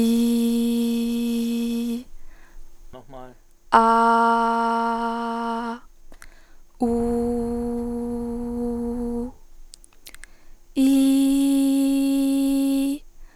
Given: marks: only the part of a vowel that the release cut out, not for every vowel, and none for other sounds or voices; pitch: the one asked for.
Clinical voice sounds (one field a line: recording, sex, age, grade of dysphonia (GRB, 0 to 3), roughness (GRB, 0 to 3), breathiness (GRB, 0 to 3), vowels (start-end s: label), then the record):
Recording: sustained vowels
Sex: female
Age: 20 to 29 years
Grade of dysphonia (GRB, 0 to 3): 0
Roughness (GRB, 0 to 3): 0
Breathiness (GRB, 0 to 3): 0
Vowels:
0.00-1.80 s: vowel /i/, normal pitch
3.84-5.47 s: vowel /a/, normal pitch
7.00-8.92 s: vowel /u/, normal pitch
10.88-12.65 s: vowel /i/, high pitch
From the record:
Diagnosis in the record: healthy voice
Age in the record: 20 years